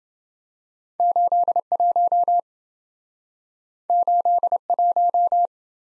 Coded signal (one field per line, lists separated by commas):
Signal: Morse code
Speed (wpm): 28 wpm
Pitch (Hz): 700 Hz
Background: none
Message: 81 81